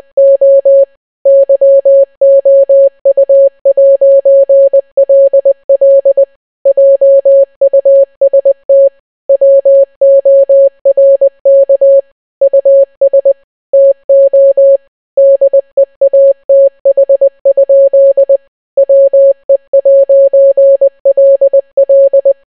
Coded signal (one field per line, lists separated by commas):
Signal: Morse code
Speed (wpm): 20 wpm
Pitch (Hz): 550 Hz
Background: none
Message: O YOU'LL JUST WORK US TO DEATH? WE'LL